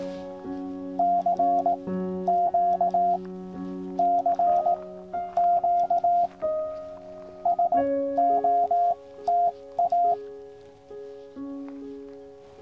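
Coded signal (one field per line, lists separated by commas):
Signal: Morse code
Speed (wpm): 18 wpm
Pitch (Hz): 700 Hz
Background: music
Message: CQ CQ SOTA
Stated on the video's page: QRP CW summit activation with a QCX Mini from Triunfo Lookout, part of a YL special event weekend using special event station calls.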